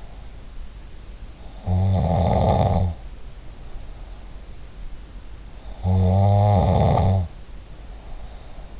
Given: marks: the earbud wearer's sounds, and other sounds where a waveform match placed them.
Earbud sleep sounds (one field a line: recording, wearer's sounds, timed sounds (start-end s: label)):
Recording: sounds in sleep by an in-ear microphone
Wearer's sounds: snoring breath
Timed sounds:
1.43-4.42 s: snoring breath
5.55-8.80 s: snoring breath